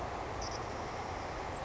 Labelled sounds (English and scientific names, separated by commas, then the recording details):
Savannah Sparrow (Passerculus sandwichensis)
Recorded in Sonoma County, California